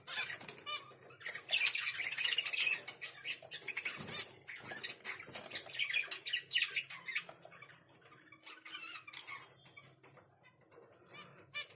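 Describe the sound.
White finch giving dense, scratchy high chatter with squawky notes, loudest early and quieter later.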